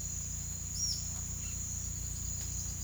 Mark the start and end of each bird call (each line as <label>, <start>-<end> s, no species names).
bird call, 0.73-0.98 s